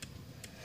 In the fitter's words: you just take the needle nose and push it forward till it clicks into place, and it locks in pretty well.